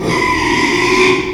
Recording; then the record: squeal of a Yucatan mini pig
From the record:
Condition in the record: after surgery on the right vocal fold (resection and tissue-engineered implant); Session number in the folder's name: 1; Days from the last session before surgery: 6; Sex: male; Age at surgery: 12 weeks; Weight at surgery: 13 kg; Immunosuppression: cyclosporine, prednisolone